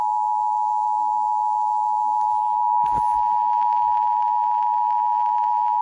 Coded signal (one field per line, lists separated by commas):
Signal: Emergency Alert System (SAME) tones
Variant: 853 and 960 Hz attention tone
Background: speech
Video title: EAS #1721-1722 Severe Thunderstorm Warning on WZOK/ Tornado Warning on KXI58 7-4-22